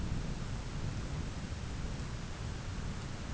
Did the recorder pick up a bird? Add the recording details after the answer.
no. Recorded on Arctic tundra, site ZACK-1, on 11 June 2019. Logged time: 11:49